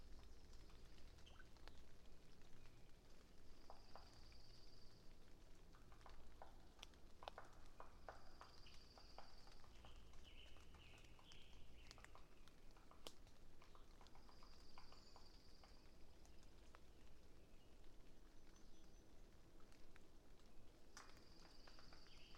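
A late spring afternoon in a stand of quaking aspen under ponderosa pines by a flooded meadow. A steady low rumble runs throughout, while a high buzzing trill repeats about every five seconds, with scattered ticks and a few brief bird chirps in between.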